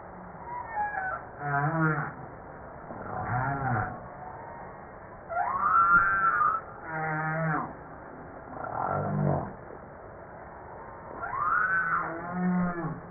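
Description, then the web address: Humpback whale song, a series of varied units: short low grunts, arched harmonic cries and rising then falling whoops, following one another with little pause. Recorded 5 March 1994. "PMahe Voile'Ocean 940305 HUMPBACK"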